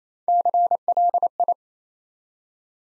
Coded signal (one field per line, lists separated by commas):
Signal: Morse code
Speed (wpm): 27 wpm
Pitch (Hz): 700 Hz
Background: none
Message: CLI